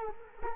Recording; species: mosquito wingbeat signal from an infrared sensor; Culex quinquefasciatus